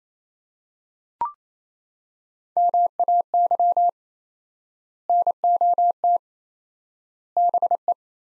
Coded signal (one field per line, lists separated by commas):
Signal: Morse code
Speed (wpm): 28 wpm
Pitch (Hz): 700 Hz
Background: none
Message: MAY NOT BE